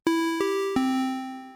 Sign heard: A sharp upstroke with an exponential decay.